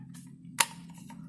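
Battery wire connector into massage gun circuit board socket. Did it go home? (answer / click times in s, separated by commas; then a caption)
yes / 0.6 s. A plastic battery wire connector is pushed onto its header socket on the circuit board of a massage gun that won't charge. One sharp click sounds at 0.6 s over a low steady hum, and the connector is seated.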